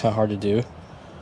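A speaker adapter harness plug is being worked into the original factory door speaker socket of a 2006 Ford F150 during a front speaker upgrade, while a man talks over a low background hum. Nothing has seated or clicked yet; the plug is still being handled and is not yet home.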